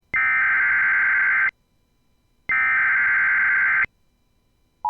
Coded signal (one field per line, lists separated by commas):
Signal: Emergency Alert System (SAME) tones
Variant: header bursts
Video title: Puerto Rico FFW on WJON-IP (2/6/2022) (EAS #934)